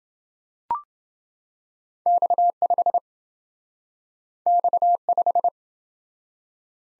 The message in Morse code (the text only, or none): X5 X5